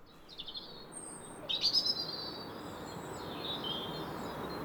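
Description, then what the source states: European robin song: a brief burst of high, thin, rapid warbling notes near the middle, with a few fainter high notes before and after, over steady background hiss. Song sounds wistful and rather sad in winter, brightening with a more cheerful melody in spring; sometimes quite scratchy.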